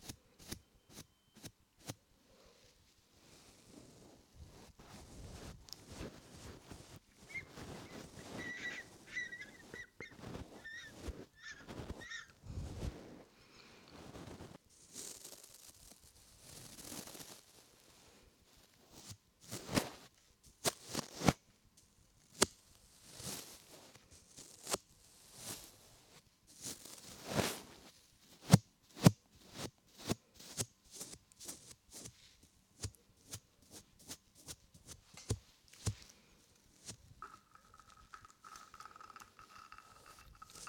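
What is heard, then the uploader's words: Ear massage sounds: rubbing, cupping and brushing close against a microphone, made of dense bursts of crackly, papery friction with frequent sharp clicks and snips. The texture shifts from soft scratchy strokes early on to louder, sharper pops after twenty seconds, with a faint steady tone near the end. Ear Massage Ear Cupping Ear Rubbing Ear Brushing and Scissor Sounds.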